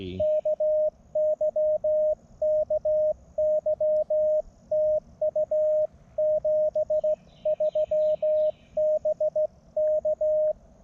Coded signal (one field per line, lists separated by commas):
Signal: Morse code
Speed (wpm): 16 wpm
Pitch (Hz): 610 Hz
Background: none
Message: KY KY TU 73 BK